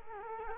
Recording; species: mosquito wingbeat signal from an infrared sensor; Culex quinquefasciatus